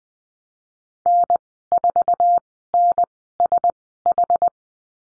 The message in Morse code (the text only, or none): N4NSH